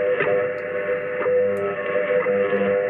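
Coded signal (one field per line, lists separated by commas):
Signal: radio time signal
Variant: BPM China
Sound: low steady tone with short ticks once a second through radio static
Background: radio static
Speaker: BPM only gives voice announcements on the hour but that low down Basse tone is BPM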